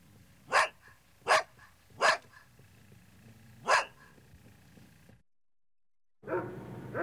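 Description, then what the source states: Dog giving four sharp, separate barks, three in quick succession and a fourth after a pause, then a brief silence before a rougher burst of barking at the end. Large dog barking, three variants of bark.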